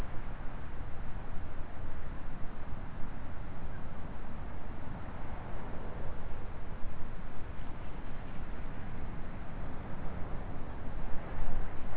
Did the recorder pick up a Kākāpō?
no